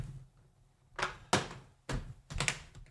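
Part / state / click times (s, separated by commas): bottom cover clips into laptop chassis / seated / 1.3 s, 1.9 s, 2.3 s, 2.4 s, 2.5 s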